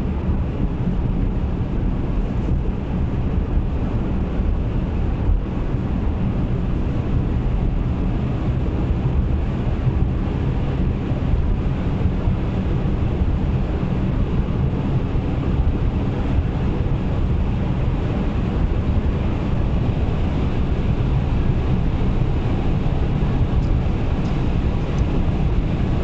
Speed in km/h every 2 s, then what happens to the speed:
122, 124, 132, 135, 144, 147, 150, 152, 158, 160, 161, 167, 170.
0-26 speeds up to 170.